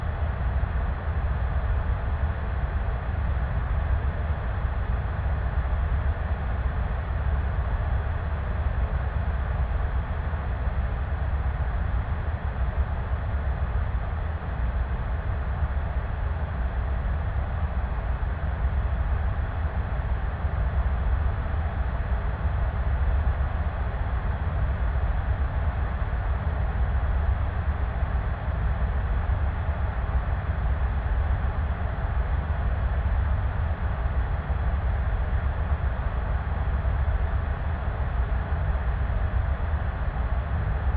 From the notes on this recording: white noise ambient sleep sound